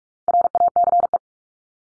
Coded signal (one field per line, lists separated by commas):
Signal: Morse code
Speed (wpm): 44 wpm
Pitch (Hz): 700 Hz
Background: none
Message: RACE